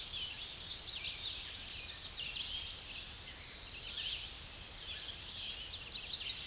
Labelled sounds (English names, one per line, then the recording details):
American Redstart song
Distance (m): 25 m
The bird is about 20 m above the microphone
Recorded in a Pennsylvania forest on 16 May 2024 at 08:12
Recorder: AudioMoth, point MSD-0230
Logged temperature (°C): 15.3 °C
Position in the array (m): 53 m, 230 m